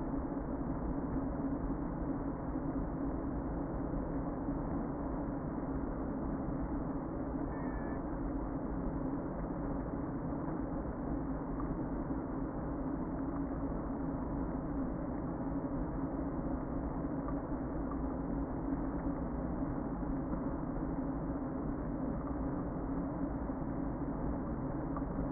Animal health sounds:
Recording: honeybee colony, microphone inside the hive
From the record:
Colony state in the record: queen present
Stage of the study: before two queens were removed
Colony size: about 60,000 bees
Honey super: yes

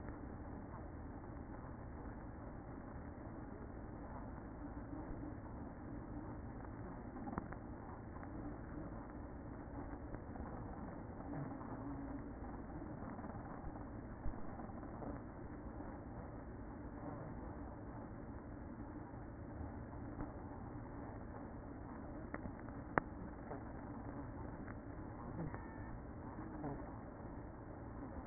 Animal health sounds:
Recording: honeybee colony, microphone inside the hive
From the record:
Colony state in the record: queen present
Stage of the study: after two queens were removed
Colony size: about 60,000 bees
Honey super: yes

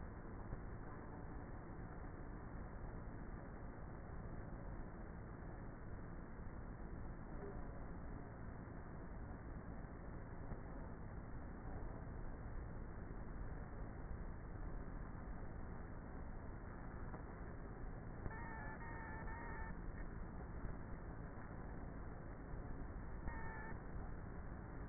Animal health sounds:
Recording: honeybee colony, microphone inside the hive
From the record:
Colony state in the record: queenless with a low population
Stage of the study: before two queens were removed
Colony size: about 30,000 bees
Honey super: no

